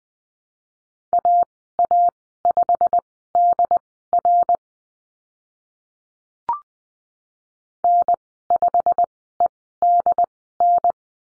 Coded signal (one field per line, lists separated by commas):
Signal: Morse code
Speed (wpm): 20 wpm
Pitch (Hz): 700 Hz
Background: none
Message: AA5DR N5EDN